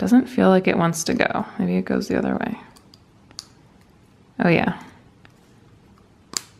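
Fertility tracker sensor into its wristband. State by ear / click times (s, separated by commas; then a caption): seated / 6.4 s. A fertility tracker sensor is pressed into its wristband from the bottom after being turned the other way, while someone talks. Soft handling ticks follow, then the sensor snaps in with a sharp click at 6.4 s and is seated.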